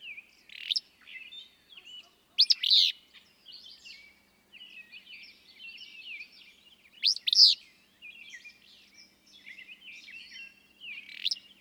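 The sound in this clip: Willow flycatcher song: abrupt bursts repeated every few seconds among continuous high chirping.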